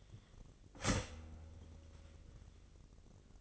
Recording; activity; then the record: daily activity, microphone in the room; start toaster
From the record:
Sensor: 4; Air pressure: 1002.9 hPa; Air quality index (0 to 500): 237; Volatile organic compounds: 17 ppm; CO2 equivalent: 2574 ppm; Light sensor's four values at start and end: 22/74/27/28 and 20/69/26/25